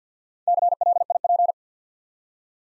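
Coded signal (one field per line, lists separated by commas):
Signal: Morse code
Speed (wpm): 48 wpm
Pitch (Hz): 700 Hz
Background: none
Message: CLIP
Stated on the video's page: Morse practice set at 50 wpm, building 4-letter words one letter at a time.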